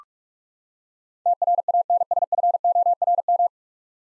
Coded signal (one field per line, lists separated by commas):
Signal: Morse code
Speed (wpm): 46 wpm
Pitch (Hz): 700 Hz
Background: none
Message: TRANSFORM